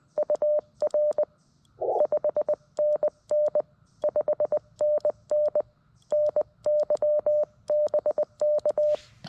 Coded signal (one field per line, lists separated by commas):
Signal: Morse code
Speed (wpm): 20 wpm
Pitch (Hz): 590 Hz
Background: none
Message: UR 5NN 5NN NY BK